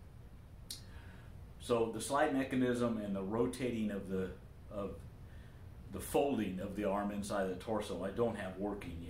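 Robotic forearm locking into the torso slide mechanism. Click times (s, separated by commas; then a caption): 0.7 s. A robotic forearm, brought back out of the torso by driving the elbow and shoulder in opposite directions, locks into the torso slide mechanism with a single sharp click at 0.7 s. After that, someone talks. The arm is seated and locked in place.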